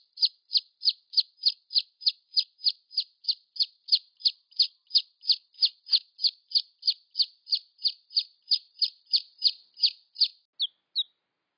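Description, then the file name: Red junglefowl chick giving a continuous, even series of high, sharp, downslurred peeps, roughly three per second, throughout. "tieng ga rung keu tieng ga con"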